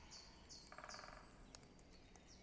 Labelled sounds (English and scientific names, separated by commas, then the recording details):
Great Spotted Woodpecker (Dendrocopos major)
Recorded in Germany
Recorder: ecoPi